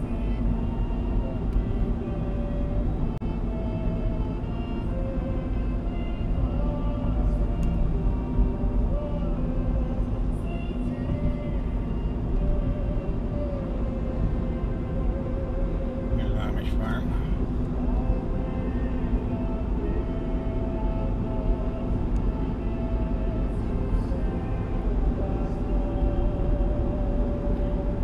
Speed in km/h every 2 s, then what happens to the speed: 65, 64, 62, 62, 62, 63, 66, 69, 71, 73, 75, 76, 77, 78.
0-9 steady at about 62. 9-20 speeds up to 75. 20-28 steady at about 76.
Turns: none.